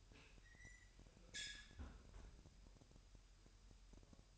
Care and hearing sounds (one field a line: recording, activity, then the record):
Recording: daily activity, microphone in the room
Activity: close fridge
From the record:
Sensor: 2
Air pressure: 1001.8 hPa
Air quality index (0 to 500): 247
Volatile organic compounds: 38 ppm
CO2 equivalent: 3107 ppm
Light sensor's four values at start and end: 8/28/11/10 and 8/28/10/10